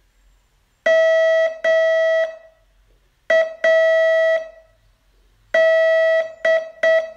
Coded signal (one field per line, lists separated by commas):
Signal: Morse code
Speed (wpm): 7 wpm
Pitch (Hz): 650 Hz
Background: none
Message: MAD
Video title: Learn Morse in 42 Days from VU2LAU - day 24 test